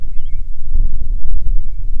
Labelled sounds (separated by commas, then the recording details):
bird, wind
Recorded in the Prudhoe Bay oil fields, Alaska, on 6 August 2019 at 05:24
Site 22